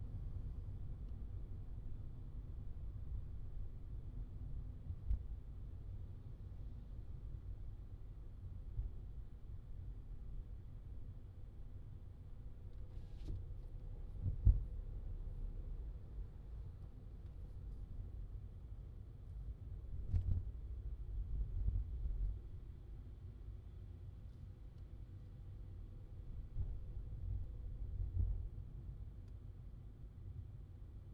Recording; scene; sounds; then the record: everyday scene through a hearing-aid microphone; in a vehicle; engine, traffic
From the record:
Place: Skoda Fabia, gasoline engine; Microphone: in the ear canal, left